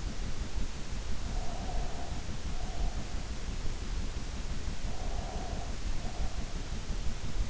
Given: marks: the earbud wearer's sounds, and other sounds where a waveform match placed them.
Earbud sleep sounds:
sounds in sleep by an in-ear microphone; breath
1.33-3.22 s: breath
4.87-6.69 s: breath

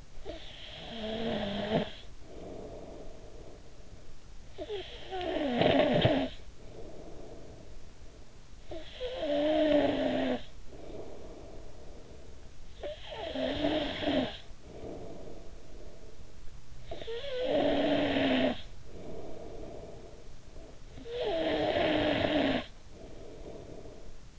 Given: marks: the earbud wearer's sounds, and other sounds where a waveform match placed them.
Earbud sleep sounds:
sounds in sleep by an in-ear microphone; snoring breath
0.00-4.26 s: snoring breath
4.49-24.39 s: snoring breath

